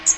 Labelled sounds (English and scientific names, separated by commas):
Magnolia Warbler (Setophaga magnolia) flight call